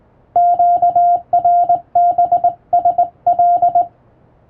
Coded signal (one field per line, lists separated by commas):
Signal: Morse code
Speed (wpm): 21 wpm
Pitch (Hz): 700 Hz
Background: music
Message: QRBSL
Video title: あなたもモールス練習してみませんか？基本に忠実に打つと綺麗なモールス符号になります。手打ちで打てるとカッコイイかも！欧文モールス符号を電報練習帳で打ってみました morse code practice